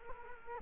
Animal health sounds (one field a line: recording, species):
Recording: mosquito wingbeat signal from an infrared sensor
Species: Culex quinquefasciatus